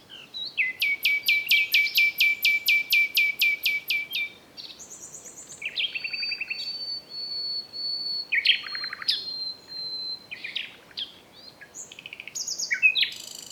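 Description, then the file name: Common nightingale song: a fast run of loud, sharp, identical notes repeated for several seconds, then a long steady high whistle and scattered chattering phrases. "Luscinia megarhynchos"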